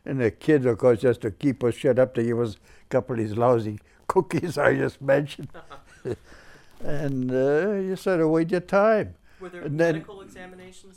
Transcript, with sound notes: And the kids, of course, just to keep us shut up gave us couple of these lousy cookies I just mentioned. (they laugh) And you sort of wait your time. And then...
Were there medical examinations that...